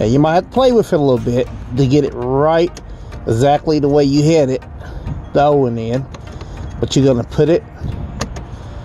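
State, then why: Seated. An LED fog light bulb is inserted into the plastic fog lamp housing of a 2011 to 2015 Ford Explorer and turned until it snaps in place. Someone talks throughout, and a sharp snap at 8.2 s is followed by a fainter tick. The bulb is seated.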